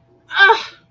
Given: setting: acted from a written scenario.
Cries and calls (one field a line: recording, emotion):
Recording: vocal sound without words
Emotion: negative surprise